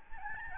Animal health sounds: mosquito wingbeat signal from an infrared sensor; Aedes albopictus

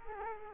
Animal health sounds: mosquito wingbeat signal from an infrared sensor; Culex quinquefasciatus

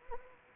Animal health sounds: mosquito wingbeat signal from an infrared sensor; Anopheles arabiensis

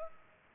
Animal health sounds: mosquito wingbeat signal from an infrared sensor; Culex pipiens

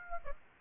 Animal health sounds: mosquito wingbeat signal from an infrared sensor; Aedes aegypti

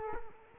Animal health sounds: mosquito wingbeat signal from an infrared sensor; Culex quinquefasciatus

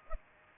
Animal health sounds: mosquito wingbeat signal from an infrared sensor; Aedes aegypti

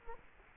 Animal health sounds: mosquito wingbeat signal from an infrared sensor; Culex quinquefasciatus

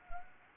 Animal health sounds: mosquito wingbeat signal from an infrared sensor; Anopheles arabiensis

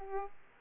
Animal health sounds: mosquito wingbeat signal from an infrared sensor; Aedes aegypti

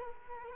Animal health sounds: mosquito wingbeat signal from an infrared sensor; Culex quinquefasciatus

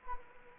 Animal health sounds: mosquito wingbeat signal from an infrared sensor; Anopheles gambiae

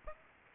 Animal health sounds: mosquito wingbeat signal from an infrared sensor; Aedes aegypti

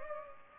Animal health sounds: mosquito wingbeat signal from an infrared sensor; Culex pipiens

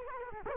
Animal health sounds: mosquito wingbeat signal from an infrared sensor; Culex quinquefasciatus

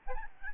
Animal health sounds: mosquito wingbeat signal from an infrared sensor; Aedes albopictus

